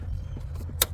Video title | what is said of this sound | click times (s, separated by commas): How to change fuel filters yourself! | There we go. You hear that click? | 0.8 s